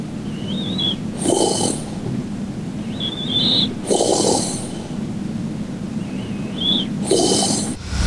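Three snores about three seconds apart, roughly 20 breaths a minute, in an adult sleeper. Each is a rough, growling rattle with an airy hiss, preceded by a thin rising whistle: a snore type called 'the growl'. This is loud, noisy snoring from vibrating airway tissue during sleep.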